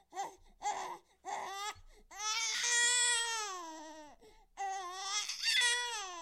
Baby Crying, Out Of Breath, Human.